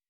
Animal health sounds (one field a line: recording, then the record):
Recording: hydrophone in a shrimp aquaculture tank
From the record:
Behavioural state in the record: weakened